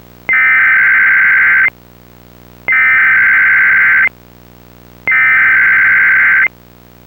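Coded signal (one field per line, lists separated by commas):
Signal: Emergency Alert System (SAME) tones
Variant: header bursts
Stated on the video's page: Recreation mock with valid tones of a Tornado Watch heard on a NOAA Weather Radio station and relayed by a cable company, including a technical fault mid-alert.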